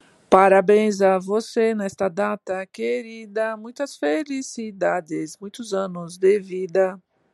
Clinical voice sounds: short text; Brazilian Portuguese; female; 40 to 49 years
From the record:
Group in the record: control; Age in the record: 48 years

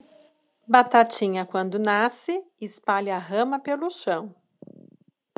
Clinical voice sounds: short text; Brazilian Portuguese; female; 40 to 49 years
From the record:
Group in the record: control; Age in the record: 44 years

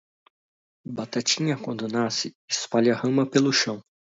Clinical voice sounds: short text; Brazilian Portuguese; male; 30 to 39 years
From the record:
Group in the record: control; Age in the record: 38 years

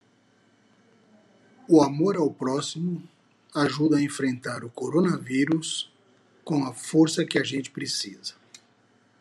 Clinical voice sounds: spoken sentence; Brazilian Portuguese; male; 50 to 59 years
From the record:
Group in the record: control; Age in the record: 59 years

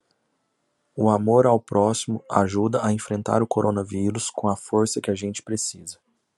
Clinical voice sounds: spoken sentence; Brazilian Portuguese; male; 30 to 39 years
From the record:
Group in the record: control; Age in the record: 37 years

